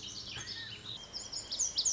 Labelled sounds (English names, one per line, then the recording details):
Lazuli Bunting
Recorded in Sonoma County, California